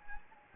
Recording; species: mosquito wingbeat signal from an infrared sensor; Anopheles gambiae